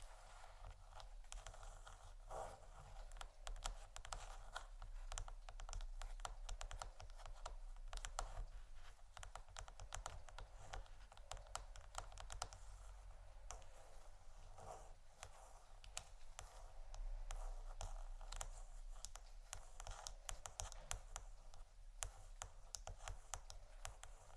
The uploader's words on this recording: ASMR Scratching & Tapping For Sleep（No Talking）.